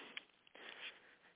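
A single quick, hissing sniff through the nose in a quiet room from an adult man with Tourette's who tics constantly; the sniff is a possible vocal tic.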